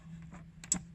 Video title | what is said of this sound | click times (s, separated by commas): LED Kit Installation on International Harvester Durastar 4100 4200 4300 4400 8500 8600 | and you stick it in, and then make sure you turn it until you hear the click, knowing that it's seated | 0.7 s